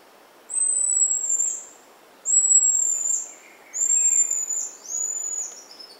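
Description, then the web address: Buffy-headed marmoset calling with four long, very high whistles, each held level and then sliding down, over low hiss. South American rainforest primate. "Nature Songs S America Primates of the Rainforest Buffy-headed marmoset"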